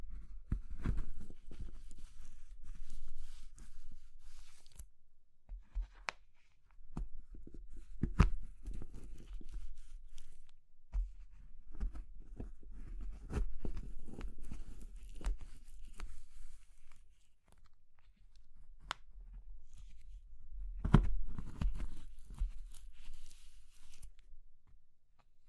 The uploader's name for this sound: Crushing Triggers Soap, Chalk, Meringue, Pastel